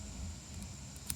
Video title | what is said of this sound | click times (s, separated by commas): Quick Release Pan/Tilt handle for video tripod | little groove machined in it and so once you insert the bit and it locks into place | 1.1 s